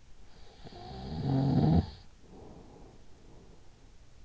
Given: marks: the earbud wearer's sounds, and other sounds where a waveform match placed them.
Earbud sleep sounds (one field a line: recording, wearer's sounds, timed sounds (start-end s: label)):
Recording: sounds in sleep by an in-ear microphone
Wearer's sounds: snoring breath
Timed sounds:
0.07-3.90 s: snoring breath